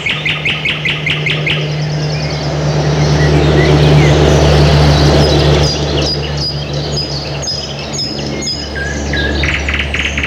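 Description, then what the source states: Thrush nightingale song: a quick series of repeated notes opening, then varied phrases, over a steady low hum. Recorded in the morning.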